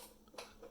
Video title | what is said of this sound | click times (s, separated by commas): The Highly Satisfying Monterey K101 Keyboard with Blue Alps Switches | click into place really satisfying click I like that a lot | 0.4 s